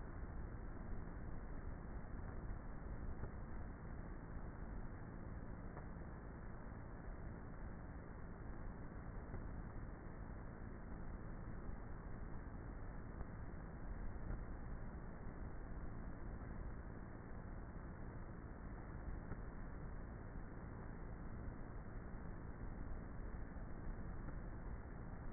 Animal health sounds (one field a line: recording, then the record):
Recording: honeybee colony, microphone inside the hive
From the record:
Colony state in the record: queenless with a low population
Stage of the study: before two queens were removed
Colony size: about 30,000 bees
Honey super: no